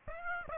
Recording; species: mosquito wingbeat signal from an infrared sensor; Aedes aegypti